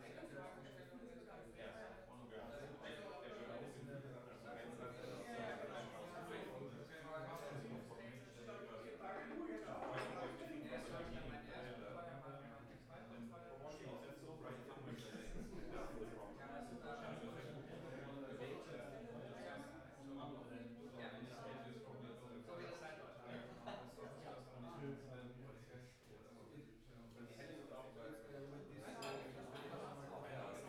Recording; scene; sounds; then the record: everyday scene through a hearing-aid microphone; many people talking; many voices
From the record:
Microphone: behind the ear, right, rear